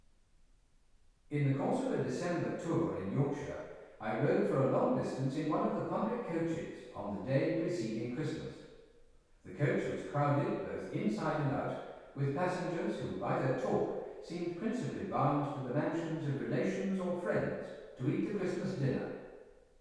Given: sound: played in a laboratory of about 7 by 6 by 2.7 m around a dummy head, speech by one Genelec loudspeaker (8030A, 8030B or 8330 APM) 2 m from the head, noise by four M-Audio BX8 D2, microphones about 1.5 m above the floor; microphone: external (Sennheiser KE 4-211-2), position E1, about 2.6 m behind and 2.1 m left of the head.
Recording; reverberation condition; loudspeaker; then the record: male speech in English; high; 90 degrees to the left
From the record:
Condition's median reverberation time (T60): about 1300 ms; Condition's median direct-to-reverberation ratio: about -4.0 dB